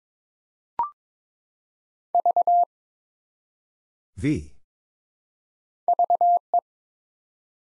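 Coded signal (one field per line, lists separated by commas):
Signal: Morse code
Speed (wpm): 22 wpm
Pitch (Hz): 700 Hz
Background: none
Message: V VE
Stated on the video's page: Morse Code Ninja practice at 22 WPM, sending four-letter words one letter at a time.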